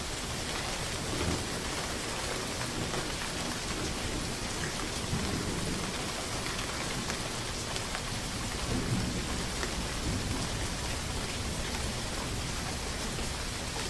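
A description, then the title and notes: A gentle thunderstorm: steady, dense rain hisses evenly across the whole fourteen seconds, bright and unbroken. Soft low rumbles of thunder swell underneath around one, five and nine seconds, while the overall loudness stays nearly level throughout. Immerse yourself in the sounds of a gentle thunderstorm.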